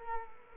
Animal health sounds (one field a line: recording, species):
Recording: mosquito wingbeat signal from an infrared sensor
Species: Culex quinquefasciatus